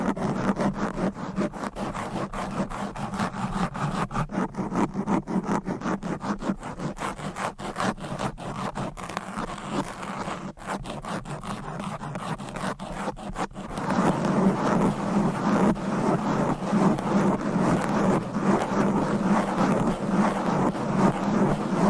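Fast, aggressive scratching across a microphone, a dense run of rough rubbing strokes with a strong low-middle body. The strokes come in rapid, uneven bursts, and after about 13 seconds the scraping grows louder and thicker, continuing steadily to the end.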